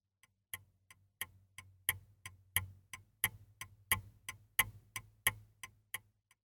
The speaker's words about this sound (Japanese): いいえ、違います。時計です。 はい、そうです。時計です。聞いてください。